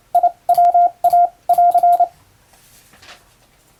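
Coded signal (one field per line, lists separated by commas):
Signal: Morse code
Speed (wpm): 28 wpm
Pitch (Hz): 700 Hz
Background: none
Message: IWA<AR>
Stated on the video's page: Hand-keyed international Morse telegram sending practice with a telegraph key, by a first-class radiotelegraph operator.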